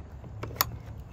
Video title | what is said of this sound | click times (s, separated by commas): Hunter 140 Rigging Part 2: Rudder and Sails | it's gonna lock into place. | 0.6 s